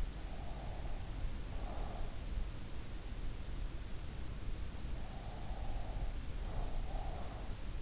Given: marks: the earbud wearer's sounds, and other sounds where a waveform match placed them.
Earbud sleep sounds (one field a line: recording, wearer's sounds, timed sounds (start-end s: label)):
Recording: sounds in sleep by an in-ear microphone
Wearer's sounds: breath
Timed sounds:
0.22-2.70 s: breath
4.54-7.82 s: breath